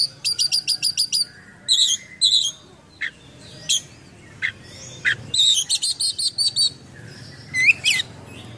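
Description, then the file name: Oriental magpie-robin song: trills of rapid high notes alternating with single sharp chips, and a looping whistled note near the end. Full song with many imitated phrases (gacor, full isian), described as luxurious. "KACER GACOR FULL ISIAN MEWAH"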